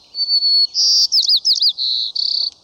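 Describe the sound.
White-crowned sparrow song: a clear high whistled opening note, then a brighter whistle, a run of quick slurred chirps, a steady lower note, and a closing buzzy trill.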